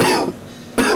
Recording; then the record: coughing mixed with background sound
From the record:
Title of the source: Coughing 77